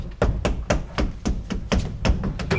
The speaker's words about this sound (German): Halt mal, klopfen Sie die Rückwand des Schrankes ab hier, ja? Jawohl.